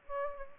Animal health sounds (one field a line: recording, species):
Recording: mosquito wingbeat signal from an infrared sensor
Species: Aedes aegypti